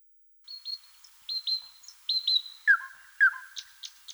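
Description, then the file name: Thrush nightingale: songbird phrase of short high piping notes in pairs, followed by two lower drawn-out whistles and a few short high notes. "solovey obyknovennyy golos"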